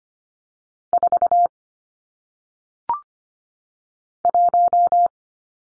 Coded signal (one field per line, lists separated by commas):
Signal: Morse code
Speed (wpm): 25 wpm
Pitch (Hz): 700 Hz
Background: none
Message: 4 1